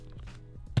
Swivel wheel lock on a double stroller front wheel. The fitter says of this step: it's great because this swivel wheel actually locks in place so i can actually put this down